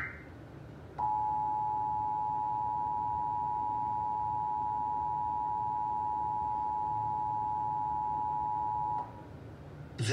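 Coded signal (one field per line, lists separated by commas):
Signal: Emergency Alert System (SAME) tones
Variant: 853 and 960 Hz attention tone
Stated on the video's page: National Periodic Test EAS tones captured on radio station WXBK-FM and Verizon.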